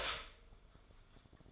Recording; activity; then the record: daily activity, microphone in the room; stop toaster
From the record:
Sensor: 5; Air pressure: 1014.8 hPa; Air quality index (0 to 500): 208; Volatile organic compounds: 10 ppm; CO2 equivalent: 2211 ppm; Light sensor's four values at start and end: 13/32/12/11 and 13/32/12/11